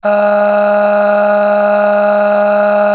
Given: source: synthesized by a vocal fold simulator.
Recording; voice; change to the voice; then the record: sustained vowel; female; aspiration noise (breathiness), level 9 of 10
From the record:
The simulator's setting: 3.21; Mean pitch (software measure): 206 Hz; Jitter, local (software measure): 1.11%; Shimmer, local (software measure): 12.4%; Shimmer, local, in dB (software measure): 1.08 dB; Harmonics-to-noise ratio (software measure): 13.2 dB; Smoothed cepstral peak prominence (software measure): 11.3 dB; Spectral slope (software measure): -20.3 dB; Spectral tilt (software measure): -7.3 dB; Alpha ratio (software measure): -10.9 dB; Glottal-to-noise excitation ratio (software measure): 0.730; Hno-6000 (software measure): 1.8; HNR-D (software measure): 35.0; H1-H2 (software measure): 7.6 dB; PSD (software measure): 6.8e-05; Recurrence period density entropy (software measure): 0.127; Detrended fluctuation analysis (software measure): 0.0275